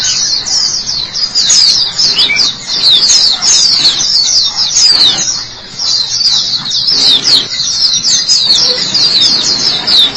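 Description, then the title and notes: White-eye singing long runs of quick, thin, high chirps and warbles, with a brief quieter gap midway before the twittering picks up again. "Kicauan Burung Pleci Durasi Panjang. Suara kicauan burung pleci"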